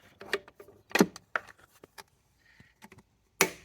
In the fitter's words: and she pops right in